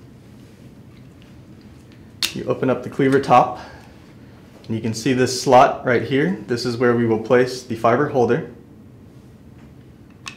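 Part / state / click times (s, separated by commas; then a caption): fiber holder into fiber cleaver slot / seated / 10.3 s. A fiber holder carrying stripped fiber is set into its slot on an open fiber cleaver, where a small magnet pulls it down while someone talks. A sharp click at 10.3 s marks the holder seating in the cleaver slot.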